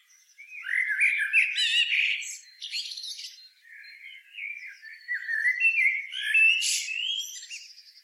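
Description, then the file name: Eurasian blackbird singing two bursts of mellow, sliding warbled phrases, each ending in a scratchy, high-pitched twitter, with a quieter stretch between them. "Turdus merula"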